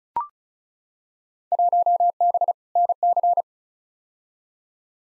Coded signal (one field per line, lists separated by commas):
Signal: Morse code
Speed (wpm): 34 wpm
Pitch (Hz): 700 Hz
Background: none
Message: 1B NC